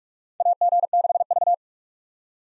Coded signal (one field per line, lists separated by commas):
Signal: Morse code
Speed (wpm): 47 wpm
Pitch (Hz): 700 Hz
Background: none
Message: AG6V